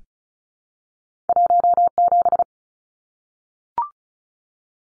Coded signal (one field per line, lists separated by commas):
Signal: Morse code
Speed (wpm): 34 wpm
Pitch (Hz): 700 Hz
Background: none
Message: 17